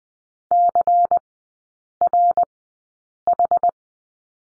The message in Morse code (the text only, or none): CRH